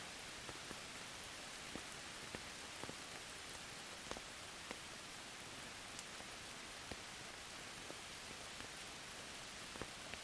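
Soft rain falls steadily, a dense even hiss across the whole clip with no pause or swell. Scattered sharper drops tick through it every second or so, some louder, like single drops striking a surface. No thunder is heard.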